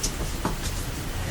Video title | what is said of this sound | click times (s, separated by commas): Topic of the Month - Trach Care | you can hear it click there's two dots that line up | 0.0 s, 0.5 s